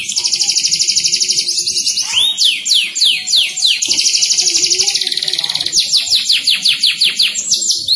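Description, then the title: Canary in loud, sustained song, alternating rattling fast trills with runs of sharp descending sweeps, some faint low background noise throughout. Cengkok song style, described as premium, of the kind sought by contest judges. "Cengkok kenari mewah yang di cari juri"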